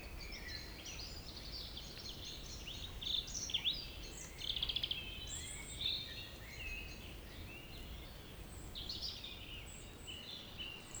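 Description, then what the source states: Birds singing in a chorus of overlapping high chirps and trills, with louder bursts of twittering around the middle, over steady low background hiss. Evening village birds singing in Tregastel bourg, Pleumeur-Bodou, France, around 8 pm, humid weather, April 2019; MKH 8040 ORTF pair with Rycote windshield and Zoom H5 recorder.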